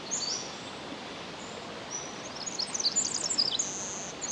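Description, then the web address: Pacific wren song: a quick burst of high, tinkling notes near the end, with thin high whistles earlier, over a steady background hiss. Recorded 10 July 2011 at 06:35. "ear jh-20110710-0635 pacific-wren"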